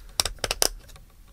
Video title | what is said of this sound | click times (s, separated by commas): iPhone X Zizo Case Lineup And Wireless Charging Pad | see, bang, just like that. Locks | 0.2 s, 0.6 s